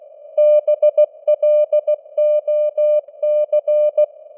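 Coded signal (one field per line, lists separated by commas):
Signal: Morse code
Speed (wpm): 16 wpm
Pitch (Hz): 600 Hz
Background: none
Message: BLOC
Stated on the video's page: Morse news headlines at 16 wpm with simulated radio noise and varying signal strength (QSB).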